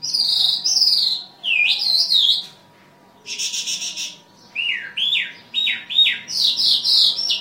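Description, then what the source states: Bimaculated lark giving varied high phrases: slurred whistled notes, a buzzy rattling burst, then a series of sharply falling and rising chirps, with a faint steady hum beneath. Recorded in Afghanistan.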